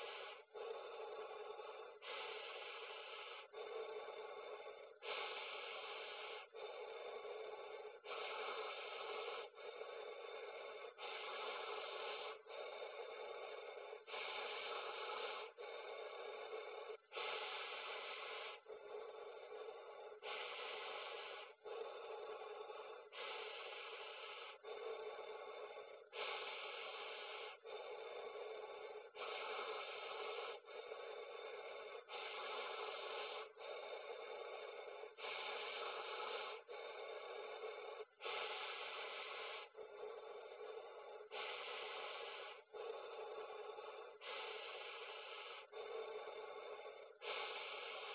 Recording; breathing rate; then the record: paced breathing near a phone; 20 breaths a minute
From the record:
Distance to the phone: 40 cm